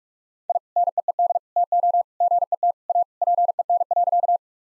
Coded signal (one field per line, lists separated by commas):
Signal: Morse code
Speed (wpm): 46 wpm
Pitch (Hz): 700 Hz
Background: none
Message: I NEED TO GET A PEN.